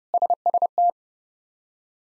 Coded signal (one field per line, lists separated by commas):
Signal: Morse code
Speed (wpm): 32 wpm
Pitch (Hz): 700 Hz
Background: none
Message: SST